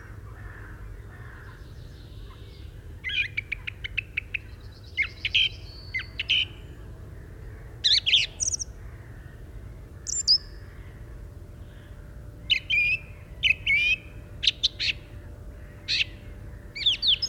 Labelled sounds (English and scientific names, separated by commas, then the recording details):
Song Thrush (Turdus philomelos) song
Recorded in the wild
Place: Bergen, Insel Rügen, Mecklenburg-Vorpommern, DE
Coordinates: 54.415, 13.426
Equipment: Nagra III BH, Sennheiser MD 21, parabola
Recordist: Schubert, Michael